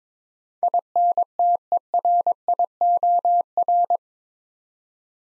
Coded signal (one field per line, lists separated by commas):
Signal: Morse code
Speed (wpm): 22 wpm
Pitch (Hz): 700 Hz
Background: none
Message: INTERIOR